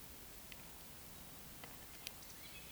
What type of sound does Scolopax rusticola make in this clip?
whistle, croak